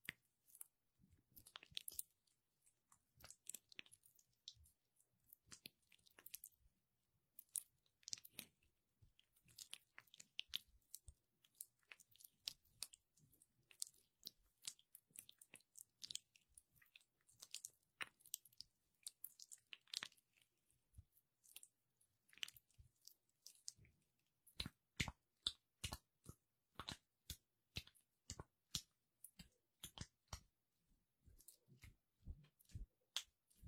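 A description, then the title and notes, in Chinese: Hands rub through aloe gel, making sticky, wet clicks and crackles. The sounds come in irregular clusters at first, then from about 24 seconds turn into sharper, louder, more evenly spaced smacks. 芦荟凝胶搓手手。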